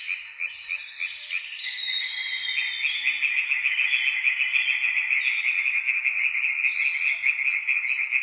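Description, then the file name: European tree frog chorus, a continuous, rapid, pulsed rasping from several frogs, with higher notes near the start. Several tree frogs calling near Witteveen, Netherlands. "Boomkikkers bij Witteveen - Sound Cloud - luc de bruijn"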